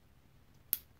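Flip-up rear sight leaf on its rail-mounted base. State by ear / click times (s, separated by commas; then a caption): seated / 0.7 s. An NStar metal rear backup flip-up sight, a non-spring leaf on its rail-mounted base, is pulled up by hand until it locks upright and is really solid. After quiet background, a single sharp, bright click sounds at 0.7 s and quickly fades as the sight clicks into place.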